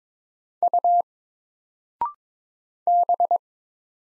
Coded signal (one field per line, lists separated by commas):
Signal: Morse code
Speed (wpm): 22 wpm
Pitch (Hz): 700 Hz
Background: none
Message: U B